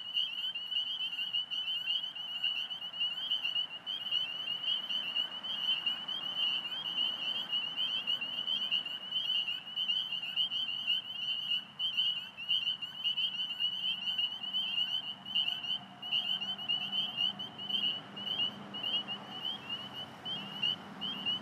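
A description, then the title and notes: A dense chorus of spring peepers calling continuously, shrill high peeps overlapping without pause, with a faint low rumble in the background. Spring Peeper at Belle View ES. Spring Peepers calling despite their habitat having been recently mowed down (cattails, grasses). Traffic noises in background from Fort Hunt Rd. Alexandria, VA. With iPhone 6+ using Rode Recording app.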